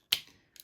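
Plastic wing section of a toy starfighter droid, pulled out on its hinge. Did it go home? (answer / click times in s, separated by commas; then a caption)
yes / 0.1 s. A plastic wing section of a toy Vulture droid starfighter vehicle is pulled out to the side on its hinge until it locks. One sharp click sounds at 0.1 s, followed by a fainter, rattly snap around 0.6 s. The wing section clicks into place and is seated.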